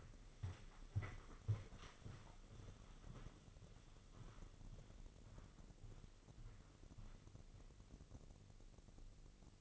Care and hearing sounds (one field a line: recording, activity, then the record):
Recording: daily activity, microphone in the room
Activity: walk to room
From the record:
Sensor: 4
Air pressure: 996.3 hPa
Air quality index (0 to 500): 80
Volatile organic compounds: 3 ppm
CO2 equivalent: 1523 ppm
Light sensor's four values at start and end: 17/47/18/19 and 19/52/20/21